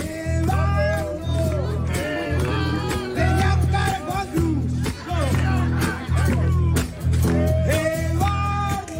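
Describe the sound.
A crowd on a square somewhere in Argentina, including a man carrying a lost boy on his shoulders, chants the boy's father's name over and over in a steady rhythm while the band on the square plays and sings along, loud and continuous with a heavy, droning bass beneath the voices.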